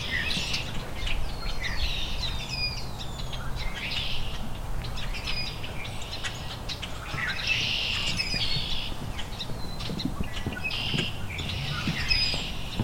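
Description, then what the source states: Rusty Blackbird singing high creaky, scratchy phrases in scattered bursts, with brief thin whistles between them and steady low background noise. Male singing from dogwood, with a very high-pitched vocalization; singing right on time, about 30 minutes after its last songs.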